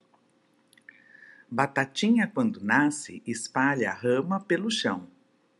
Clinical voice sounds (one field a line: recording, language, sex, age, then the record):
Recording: short text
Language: Brazilian Portuguese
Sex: female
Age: 50 to 59 years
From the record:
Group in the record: control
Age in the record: 58 years